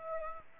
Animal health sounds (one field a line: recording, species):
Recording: mosquito wingbeat signal from an infrared sensor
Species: Aedes aegypti